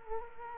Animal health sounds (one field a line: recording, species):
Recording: mosquito wingbeat signal from an infrared sensor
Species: Culex quinquefasciatus